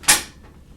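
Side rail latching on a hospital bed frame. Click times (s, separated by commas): 0.0 s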